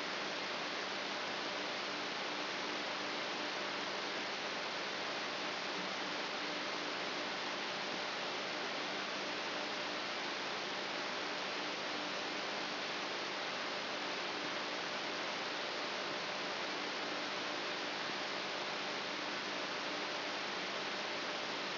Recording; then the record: brain microelectrode recording played as sound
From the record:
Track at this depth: inside the subthalamic nucleus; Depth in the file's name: 7.043 mm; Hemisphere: left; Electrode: 3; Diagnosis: Parkinson's disease